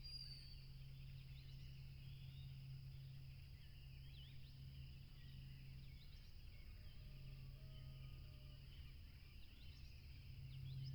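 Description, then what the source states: Crickets trilling in a steady, unbroken high chorus, with scattered bird chirps above and a deep, continuous aircraft drone throughout. At a tropical river, with a plane passing.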